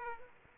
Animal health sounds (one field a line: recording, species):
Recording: mosquito wingbeat signal from an infrared sensor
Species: Aedes aegypti